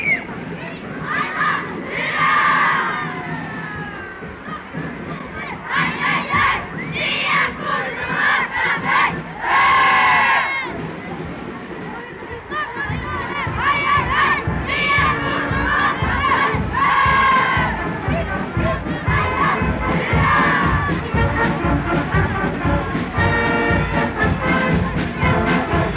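A children's parade cheers along with a marching band. Dense crowd chatter and high children's shouts fill the first half, with a loud burst of yelling around ten seconds. From about thirteen seconds a steady drumbeat and brass tones join and continue under the voices.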